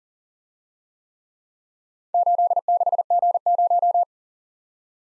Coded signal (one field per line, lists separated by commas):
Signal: Morse code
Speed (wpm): 36 wpm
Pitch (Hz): 700 Hz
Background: none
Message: 86G0